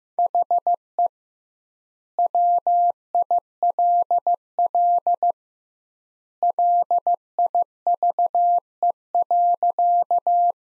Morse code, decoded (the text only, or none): HE WILL LIVE.